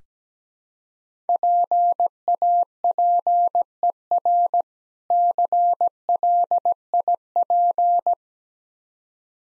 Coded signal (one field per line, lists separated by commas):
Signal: Morse code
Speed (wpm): 17 wpm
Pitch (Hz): 700 Hz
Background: none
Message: PAPER CLIP